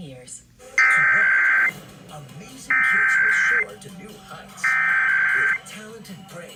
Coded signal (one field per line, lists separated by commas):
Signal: Emergency Alert System (SAME) tones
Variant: header bursts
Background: speech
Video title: EAS #28-#31 3 RWTs and 1 FFW READ DESCRIPTION